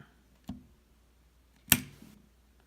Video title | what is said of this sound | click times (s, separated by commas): Walther P99 QA 40 S&W | I don't know if you hear that, but that click on there would mean that your gun is fully decocked, it's safe, | 1.7 s